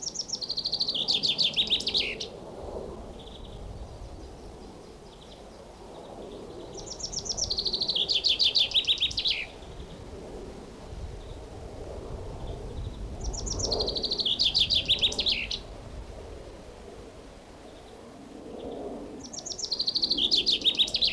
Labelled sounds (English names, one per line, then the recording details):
Common Chaffinch
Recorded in the wild
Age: adult
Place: Blankenfelde, Berlin, DE
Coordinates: 52.625, 13.404
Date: 1992-05-01 10:02
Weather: heiter bis wolkig, böiger Wind, 16 °C
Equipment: Nagra SN, Mikrofon AKG CK 8, Kopie Tesla B 116
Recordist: Tembrock, Günter